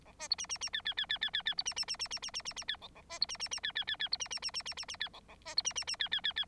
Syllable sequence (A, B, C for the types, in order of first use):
A B C D D D E E E E E E E C D D D D D D D D D E A A B C D D D E E E E C D D D D D D D E A A B C D D D E E E E